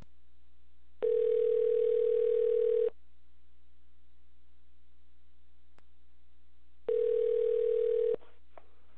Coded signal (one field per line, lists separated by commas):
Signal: telephone call progress tone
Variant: North America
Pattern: ringback tone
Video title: Dialectic Dialing Landline with Analog Modem